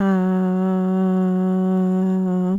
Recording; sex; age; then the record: sustained vowel /a/; female; 30 to 39 years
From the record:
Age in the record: 37 years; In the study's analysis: included